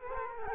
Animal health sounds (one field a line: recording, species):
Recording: mosquito wingbeat signal from an infrared sensor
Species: Culex quinquefasciatus